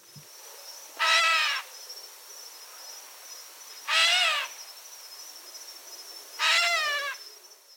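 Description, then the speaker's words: Gray Catbird alarm calls, three harsh, nasal mewing notes spaced a few seconds apart, with a steady faint high tone in the background. Sound made when it sees a threat; alarm calls indicate a predator nearby or other danger. "Okay, let's hear what a gray catbird sounds like when it sees a threat."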